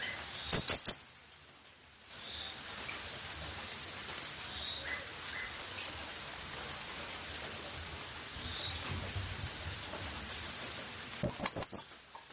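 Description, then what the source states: Blue-crowned hanging parrot, two brief bursts of fast, high, piercing notes, one at the start and one near the end, separated by a long quiet stretch. Presented as an effective lure call for attracting the bird; local name serindit.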